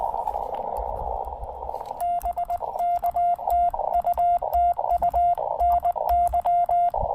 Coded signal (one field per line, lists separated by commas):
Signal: Morse code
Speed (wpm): 19 wpm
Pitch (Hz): 690 Hz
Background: radio noise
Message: BK TU TU NY